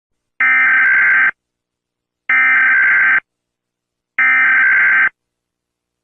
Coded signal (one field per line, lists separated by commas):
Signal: Emergency Alert System (SAME) tones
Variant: header bursts